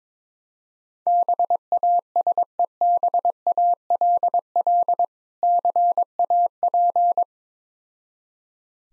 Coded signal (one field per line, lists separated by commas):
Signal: Morse code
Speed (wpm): 22 wpm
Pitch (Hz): 700 Hz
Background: none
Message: BASEBALL CAP